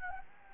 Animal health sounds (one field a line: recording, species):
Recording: mosquito wingbeat signal from an infrared sensor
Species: Anopheles gambiae